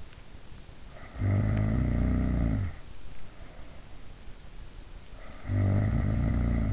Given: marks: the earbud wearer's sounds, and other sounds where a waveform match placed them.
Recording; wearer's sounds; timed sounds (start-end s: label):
sounds in sleep by an in-ear microphone; snoring breath
0.77-2.80 s: snoring breath
4.83-6.73 s: snoring breath